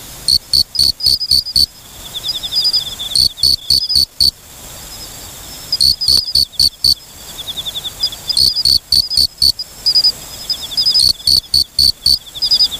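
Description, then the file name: Mori-okame cricket song in regular clusters of five or six sharp, high chirps roughly every two and a half seconds, with a faint ticking insect trill between clusters. "moriokamekourogi"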